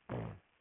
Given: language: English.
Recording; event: throat vibration sensor signal played as sound; throat clearing